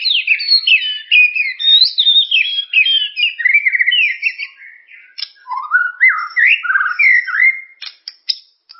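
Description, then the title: White-rumped shama singing fast, varied whistled phrases that swoop up and down, dipping lower midway, then closing with sharp ticking notes. "Kicau Murai Batu"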